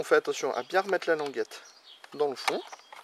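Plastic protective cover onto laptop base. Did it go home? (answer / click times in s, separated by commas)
no / none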